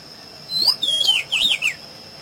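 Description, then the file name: Pedro-ceroulo song: one brief phrase of quick, sliding whistled notes that twist up and down, over a steady high electronic-like tone. "Canto do pedro ceroulo"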